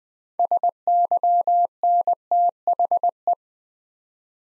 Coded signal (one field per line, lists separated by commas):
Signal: Morse code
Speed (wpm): 20 wpm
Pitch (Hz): 700 Hz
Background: none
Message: SYNTHE